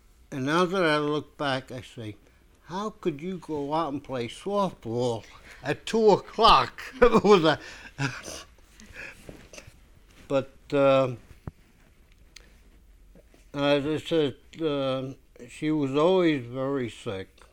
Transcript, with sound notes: and now that I look back I say how could you go out and play softball at two o'clock? ( they laugh ) But, uh, as I said, uh, she was always very sick,